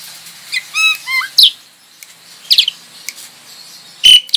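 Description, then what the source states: Javan pied starling song: a few clear whistled notes, then harsh chattering bursts and a sharp whistle, separated by quiet gaps. Lure call (pancingan) of the Javan pied starling, used to attract birds.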